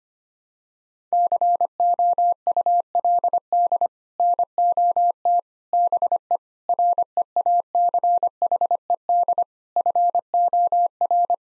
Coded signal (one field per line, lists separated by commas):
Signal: Morse code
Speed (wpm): 25 wpm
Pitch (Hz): 700 Hz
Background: none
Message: COULD NOT BE REACHED FOR